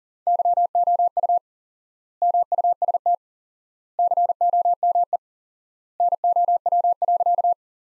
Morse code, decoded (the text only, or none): YOU MUST COME NOW.